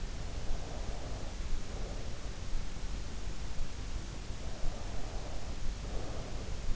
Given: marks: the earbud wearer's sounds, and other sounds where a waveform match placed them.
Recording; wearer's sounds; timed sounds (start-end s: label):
sounds in sleep by an in-ear microphone; breath
0.39-2.31 s: breath
4.36-6.76 s: breath